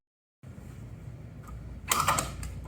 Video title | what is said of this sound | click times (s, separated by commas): 👩‍🔧Atlas Unboxing & Assembly Video (PLR-985) | just like that once it clicks it's in but to double check you can pull upwards | 1.9 s